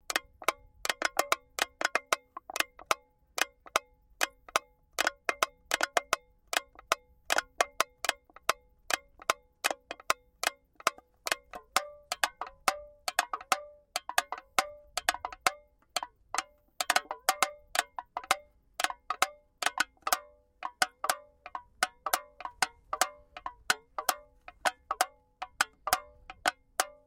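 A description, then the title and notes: Empty aluminum cans are handled and knocked together, producing a steady stream of sharp, bright clinks and taps with a ringing metallic tone. The hits come rapidly and somewhat irregularly throughout, sometimes in quick clusters, over a faint low rumble. I recorded the sounds Enrico produced from manipulating empty aluminum cans. On the crest of a hill we found an almost anechoic slope, populated by dense tall grass. We wanted the recording to be “pure” – as dry and close up as possible.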